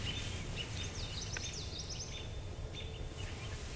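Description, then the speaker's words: American robin giving sharp, high call notes, short chirps scattered throughout over a steady low rumble of background noise. High shriek call note, usually to do with danger. "That's a call note of an American robin, and it usually has to do with danger."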